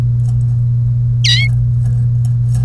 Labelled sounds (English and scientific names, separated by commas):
Domestic Canary (Serinus canaria) song